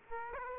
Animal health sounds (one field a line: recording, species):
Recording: mosquito wingbeat signal from an infrared sensor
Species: Aedes aegypti